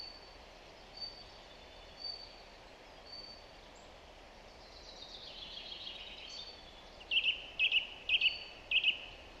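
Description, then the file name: Song thrush song: after faint chirps, one short sharp note repeated four times in quick succession, about twice a second. "Zanglijster Turdus philomelos"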